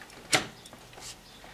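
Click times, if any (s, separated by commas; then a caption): none. An expansion card is slid into a motherboard slot and pushed until it should click, but it does not click into place; it only comes close. A brief broadband scrape sounds at about 0.3 s, followed by faint, softer rustling near 1.0 s. Nothing has seated or clicked yet.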